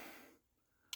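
A frame screw is tightened into the steel frame of an 1851 Navy black powder revolver, pulling the parts together so the gap between them closes. A broad rushing noise fades out over the first 0.4 seconds, followed by near-silence and then a sharp tick at 0.9 s as the gap closes. The screw is seated.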